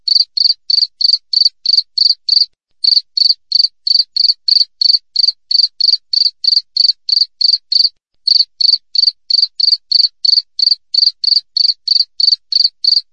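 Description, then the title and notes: Cricket calls: shrill, clipped chirps repeated rapidly and evenly, around three a second, with two short pauses. Clear natural cricket chirping with tightly spaced pauses, made as a master track for training songbirds and for driving away rats. "Masteran Jangkrik Alam Jernih, Jeda Rapat Cocok Untuk Masteran Burung Dan Mengusir Tikus. suara jangkrik"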